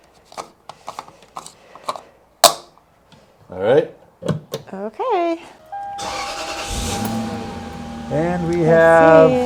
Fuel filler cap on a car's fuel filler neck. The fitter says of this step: till it clicks